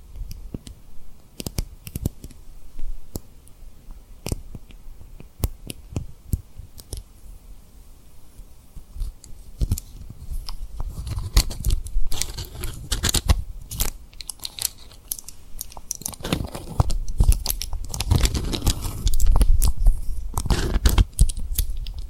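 Tapping and rubbing on rhinestone lip triggers, with sharp scattered clicks throughout and denser crunchy rubbing swelling in the second half.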